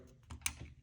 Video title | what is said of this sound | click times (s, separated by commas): CZ 52 - 7.62 Tokarev - Czech Military Surplus - Close Up and Field Strip | then you got one more click up | 0.5 s